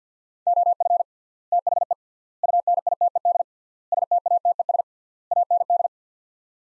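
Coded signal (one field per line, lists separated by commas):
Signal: Morse code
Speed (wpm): 50 wpm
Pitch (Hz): 700 Hz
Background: none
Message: OF THE UNITED STATES AND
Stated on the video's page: Morse practice drill of five-word sets at 50 wpm with 3x word spacing, a Farnsworth-like method, each set followed by speech.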